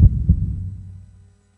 Heart Beat.